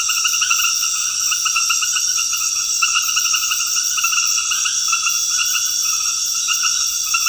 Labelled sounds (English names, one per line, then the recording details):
none
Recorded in dense forest near Puerto Asís, Putumayo, Colombia, on 19 February 2024 at 22:30
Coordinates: 0.496, -76.326
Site G6383